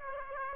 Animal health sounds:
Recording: mosquito wingbeat signal from an infrared sensor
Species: Aedes aegypti

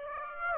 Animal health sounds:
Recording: mosquito wingbeat signal from an infrared sensor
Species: Aedes aegypti

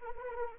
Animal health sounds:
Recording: mosquito wingbeat signal from an infrared sensor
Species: Anopheles arabiensis

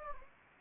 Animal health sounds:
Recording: mosquito wingbeat signal from an infrared sensor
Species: Anopheles arabiensis

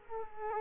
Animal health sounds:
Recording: mosquito wingbeat signal from an infrared sensor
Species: Culex quinquefasciatus

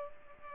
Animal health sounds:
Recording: mosquito wingbeat signal from an infrared sensor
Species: Culex pipiens

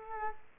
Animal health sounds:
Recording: mosquito wingbeat signal from an infrared sensor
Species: Aedes aegypti

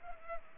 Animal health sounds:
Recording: mosquito wingbeat signal from an infrared sensor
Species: Culex pipiens

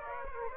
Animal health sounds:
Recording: mosquito wingbeat signal from an infrared sensor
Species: Aedes aegypti

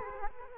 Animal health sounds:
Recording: mosquito wingbeat signal from an infrared sensor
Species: Culex quinquefasciatus

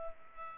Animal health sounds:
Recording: mosquito wingbeat signal from an infrared sensor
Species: Culex pipiens

